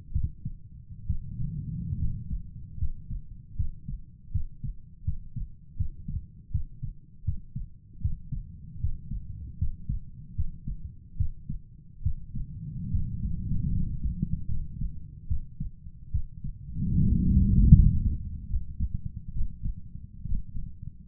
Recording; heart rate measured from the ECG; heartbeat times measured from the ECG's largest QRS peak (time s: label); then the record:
heart sounds by stethoscope; 75 bpm
0.12 s: heartbeat
1.06 s: heartbeat
1.99 s: heartbeat
2.78 s: heartbeat
3.56 s: heartbeat
4.32 s: heartbeat
5.04 s: heartbeat
5.77 s: heartbeat
6.51 s: heartbeat
7.24 s: heartbeat
8.01 s: heartbeat
8.80 s: heartbeat
9.58 s: heartbeat
10.35 s: heartbeat
11.17 s: heartbeat
12.02 s: heartbeat
12.91 s: heartbeat
13.72 s: heartbeat
14.48 s: heartbeat
15.27 s: heartbeat
16.11 s: heartbeat
16.95 s: heartbeat
17.72 s: heartbeat
18.48 s: heartbeat
19.33 s: heartbeat
20.26 s: heartbeat
From the record:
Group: healthy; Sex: male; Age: 35 years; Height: 178 cm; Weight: 64 kg